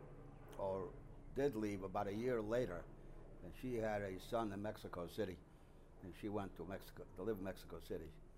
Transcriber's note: none